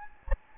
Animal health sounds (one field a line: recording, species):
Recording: mosquito wingbeat signal from an infrared sensor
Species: Anopheles gambiae